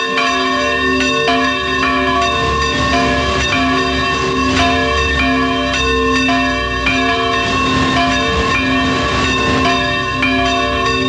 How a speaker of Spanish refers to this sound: Campanas de la Capilla del Cristo de las Cadenas, Oviedo.